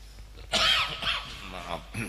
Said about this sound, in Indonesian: Ini ujian batuk ya.